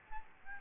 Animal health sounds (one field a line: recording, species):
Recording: mosquito wingbeat signal from an infrared sensor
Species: Aedes albopictus